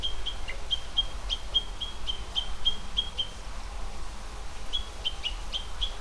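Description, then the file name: Japanese bush warbler alarm calls: a rapid series of short, sharp high ticking notes, repeated about every quarter second, pausing briefly before resuming, over a steady low rumble. "uguisukeikai"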